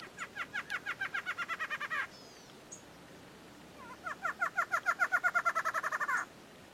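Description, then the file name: Barred antshrike singing twice: two series of nasal, hooked notes, each about two seconds long, separated by a pause. "Canto do choca barrada"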